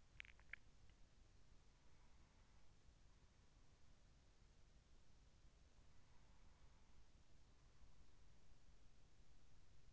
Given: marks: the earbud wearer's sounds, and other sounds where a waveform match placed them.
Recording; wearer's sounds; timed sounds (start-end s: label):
sounds in sleep by an in-ear microphone; swallowing
0.00-1.43 s: swallowing